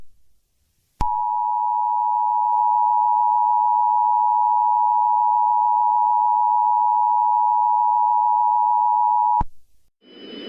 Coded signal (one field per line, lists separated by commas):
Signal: Emergency Alert System (SAME) tones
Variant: 853 and 960 Hz attention tone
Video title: Specimen 9: An EAS Scenario in the US #easscenario #spookyjumpscaremansion